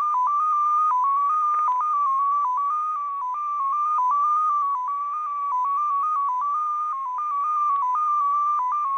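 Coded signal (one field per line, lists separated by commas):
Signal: multi-tone FSK (Olivia or MFSK type)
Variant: XPA2, 14-tone MFSK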